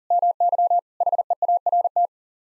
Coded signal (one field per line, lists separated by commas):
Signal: Morse code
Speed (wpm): 37 wpm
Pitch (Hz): 700 Hz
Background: none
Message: MY HEART